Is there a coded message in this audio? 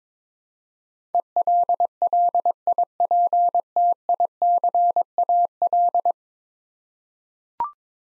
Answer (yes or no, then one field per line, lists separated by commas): yes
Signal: Morse code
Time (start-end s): 1.1-6.1 s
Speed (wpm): 22 wpm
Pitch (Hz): 700 Hz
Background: none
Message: ELLIPTICAL